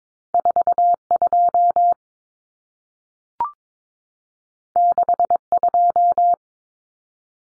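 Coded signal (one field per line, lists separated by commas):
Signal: Morse code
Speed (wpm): 22 wpm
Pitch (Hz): 700 Hz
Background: none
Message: 42 62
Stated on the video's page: Morse drill of common two-digit cut numbers (T, A, N for 0, 1, 9) at 22wpm, sent, spoken, sent again.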